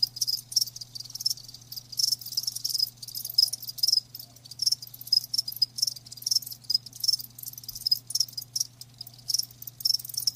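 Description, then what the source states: Crickets giving high, rhythmic chirps several times per second, forming a steady chorus over a low hum. Live crickets chirping.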